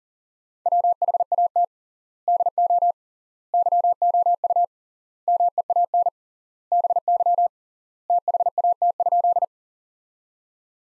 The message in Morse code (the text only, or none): WHAT DO YOU MEAN BY THAT?